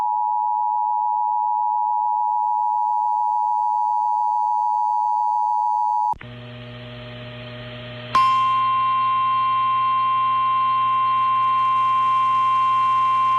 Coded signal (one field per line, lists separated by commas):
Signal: Emergency Alert System (SAME) tones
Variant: 853 and 960 Hz attention tone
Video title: Oklahoma Says Hi Again... | EAS Alerts from March 23rd, 2023 (EAS #2438-2465)